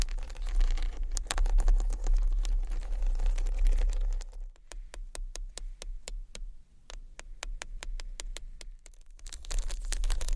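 Tiny bottles rattle against a textured bag: dense rustling with a low rumble, then a run of sharp, evenly spaced clicks, before the rustling returns.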